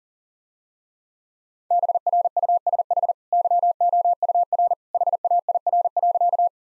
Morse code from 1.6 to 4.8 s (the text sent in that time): BRUSH YOUR